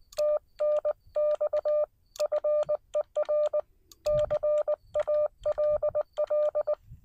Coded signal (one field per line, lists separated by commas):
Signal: Morse code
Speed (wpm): 19 wpm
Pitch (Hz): 590 Hz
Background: none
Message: TNX FER CALL